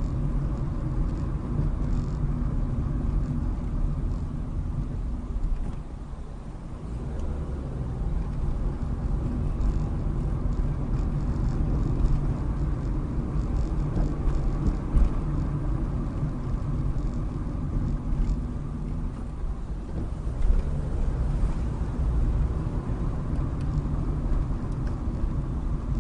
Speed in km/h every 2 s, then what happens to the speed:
29, 21, 16, 21, 27, 31, 34, 32, 23, 19, 27, 29, 26.
0-3 brakes to 16. 5-12 speeds up to 34. 12-17 slows to 19. 17-21 speeds up to 29.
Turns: none.